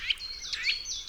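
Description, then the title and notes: Eurasian nuthatch giving a few short, sharp piping notes in quick succession. Sedentary bird starting to call during unusually mild winter weather; contact calls followed by song; common in forests, parks and small woods. "Sonothèque naturophonia. La Sittelle torche-pot (Sitta europaea)"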